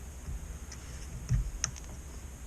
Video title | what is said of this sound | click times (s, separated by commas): Remplacer les rétroviseurs extérieurs sur une Twingo II | On a entendu le petit clic de la languette. | 1.6 s